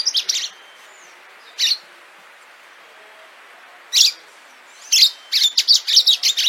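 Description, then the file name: Orange-fronted yellow finch song: a few isolated high chirps with long gaps, then a rapid series of bright chirps near the end. "canto do canario do amazonas"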